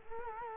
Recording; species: mosquito wingbeat signal from an infrared sensor; Culex quinquefasciatus